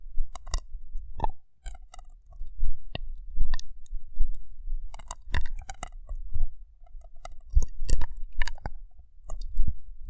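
Rough brain cleaning and picking: a string of sharp, wet clicks and snaps, irregular and fairly dense, scattered through the full ten seconds. Soft squelching and scraping fill the gaps, with a low rumble underneath and brief, slightly louder bursts every second or two.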